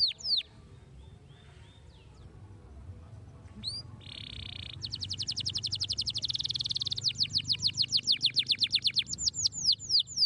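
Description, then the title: Belgian canary singing a few whistles, a brief steady buzzy note, then long fast rattling trills of rapid repeated notes that slow into downward-sweeping chirps. Canary song played to make young canaries active and singing. "Canto Para Esquentar Canário Belga. RANGSANGAN SUARA BURUNG KENARI GACOR - BIKIN KENARI MUDA JADI AKTIF BUNYI DAN BERKICAU"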